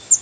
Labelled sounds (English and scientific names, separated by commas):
Yellow-throated Warbler (Setophaga dominica) flight call